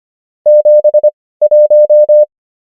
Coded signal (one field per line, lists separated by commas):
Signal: Morse code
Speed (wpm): 25 wpm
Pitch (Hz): 600 Hz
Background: none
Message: 71